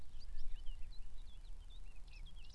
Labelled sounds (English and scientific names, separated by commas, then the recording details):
Eurasian Blackcap (Sylvia atricapilla)
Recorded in Germany
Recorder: ecoPi